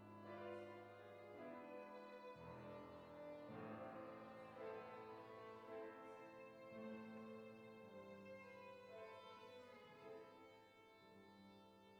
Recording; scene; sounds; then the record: everyday scene through a hearing-aid microphone; reverberant space; music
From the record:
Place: church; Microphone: behind the ear, left, rear